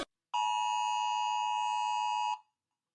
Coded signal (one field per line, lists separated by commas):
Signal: Emergency Alert System (SAME) tones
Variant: 853 and 960 Hz attention tone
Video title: (tailsy-boi64 FLIPACLIP) EAS alarms animated uhh